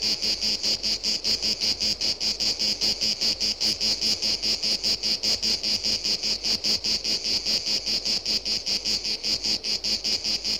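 Cicada song made of evenly pulsed, high, raspy buzzing that keeps a steady rhythm of several pulses per second throughout.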